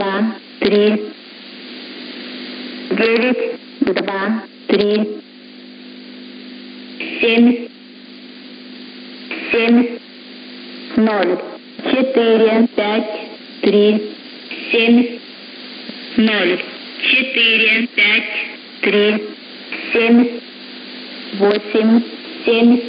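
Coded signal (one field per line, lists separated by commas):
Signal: numbers station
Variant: S06s, Russian female voice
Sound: a female voice reading short, evenly spaced single words, like numbers, over radio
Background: radio hum and static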